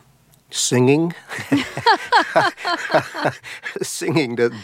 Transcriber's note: laughs